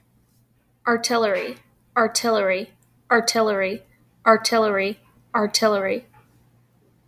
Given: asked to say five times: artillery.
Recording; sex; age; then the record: repeated word; female; 30 to 39 years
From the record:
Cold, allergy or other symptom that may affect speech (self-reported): no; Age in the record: 36 years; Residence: South Carolina, United States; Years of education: 16